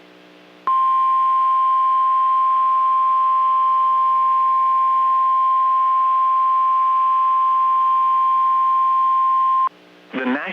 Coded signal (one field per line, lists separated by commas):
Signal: Emergency Alert System (SAME) tones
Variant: 1050 Hz attention tone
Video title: EAS Compilation, Severe Weather Outbreak: March 21, 2022 on NOAA Weather Radio Station KEC55